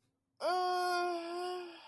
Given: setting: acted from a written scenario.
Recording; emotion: vocal sound without words; shame